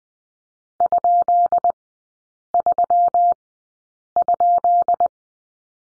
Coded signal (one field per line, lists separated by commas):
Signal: Morse code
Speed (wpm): 20 wpm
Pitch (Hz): 700 Hz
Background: none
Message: ?3?